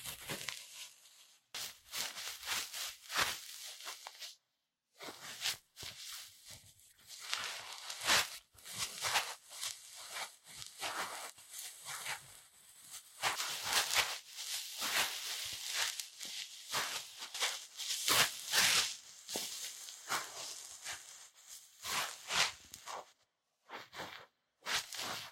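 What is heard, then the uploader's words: Ear cleaning produces dense, bright scratching and rustling in irregular bursts, with brief silent gaps near 2, 5, 23 and 25 seconds. 台灣ASMR | 掏穿你的耳朵 | 耳掃除 | Ear Cleaning | NO Talking.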